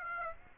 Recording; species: mosquito wingbeat signal from an infrared sensor; Aedes aegypti